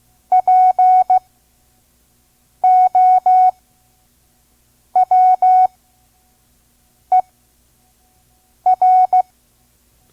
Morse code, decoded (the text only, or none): POWER